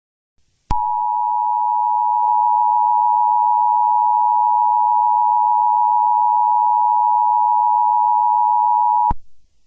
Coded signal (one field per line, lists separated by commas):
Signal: Emergency Alert System (SAME) tones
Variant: 853 and 960 Hz attention tone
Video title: EAS Scenario Sneak Peek: Paul has a stroke.